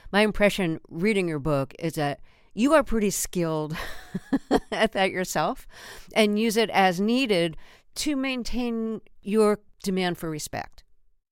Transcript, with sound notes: My impression reading your book is that you are pretty skilled (laughter) at that yourself and use it as needed to maintain your demand for respect.